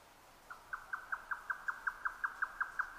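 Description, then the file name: Grey nightjar song: a fast, even series of hollow knocking notes, starting after a half-second pause and running to the end. Recorded 12 June 2009 at 22:41. "yotaka-20090612-2241"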